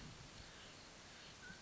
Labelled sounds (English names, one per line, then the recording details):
Mountain Quail
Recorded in Sonoma County, California